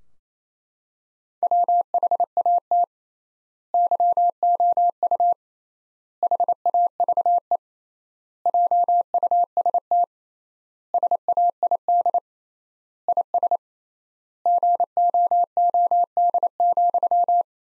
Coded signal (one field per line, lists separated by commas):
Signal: Morse code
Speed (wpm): 28 wpm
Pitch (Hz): 700 Hz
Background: none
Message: WHAT YOU HAVE JUST SAID IS GOOD,